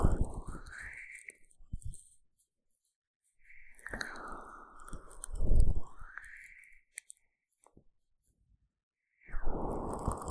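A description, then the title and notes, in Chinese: Sticky aloe gel being massaged over an ear, heard as wet, squelching rubs that swell and fade in bursts. Strokes fill the first two seconds, return from about 3.5 to 7 seconds, and start again near 9 seconds, with near silence and faint clicks between. ASMR 蘆薈凝膠按摩耳朵 | Aloe based gel sticky Earmassage | 3Dio | NoTalking。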